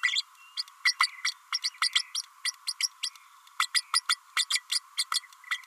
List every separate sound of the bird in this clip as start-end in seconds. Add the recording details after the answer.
0.03-0.23, 0.57-0.62, 0.85-0.94, 1.24-1.31, 1.52-1.58, 1.64-1.70, 1.81-1.90, 1.94-2.02, 2.15-2.22, 2.67-2.73, 2.80-2.88, 3.02-3.09, 3.59-3.67, 3.74-3.81, 3.93-4.01, 4.08-4.17, 4.36-4.45, 4.50-4.60, 4.71-4.79, 4.97-5.04, 5.14-5.20. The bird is a female. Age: 30 days. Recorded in a nest box in Venezuela. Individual 17B32A5